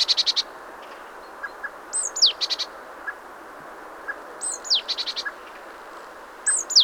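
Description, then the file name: Great tit calling in short bursts: sharp downslurred notes followed by rapid clicking chatter, several bouts throughout over a constant hiss. "Parus major"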